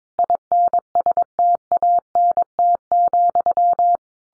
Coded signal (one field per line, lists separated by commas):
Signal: Morse code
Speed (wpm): 22 wpm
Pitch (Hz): 700 Hz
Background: none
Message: INSTANT,